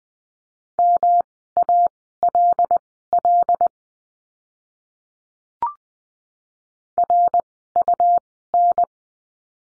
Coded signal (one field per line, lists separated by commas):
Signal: Morse code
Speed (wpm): 20 wpm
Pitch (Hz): 700 Hz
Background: none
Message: MALL RUN